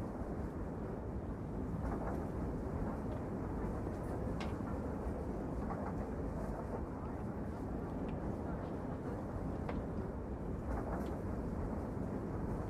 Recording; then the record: background sound without coughing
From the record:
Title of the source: Train Ride Ambience ambient white noise for sleeping, focus, studying, reading